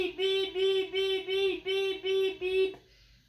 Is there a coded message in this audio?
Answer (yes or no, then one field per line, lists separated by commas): no